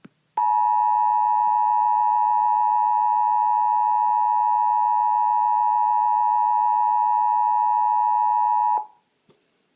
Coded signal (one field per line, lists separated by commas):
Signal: Emergency Alert System (SAME) tones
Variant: 853 and 960 Hz attention tone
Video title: EAS Tornado Warning Interrupts The Mr. Men Show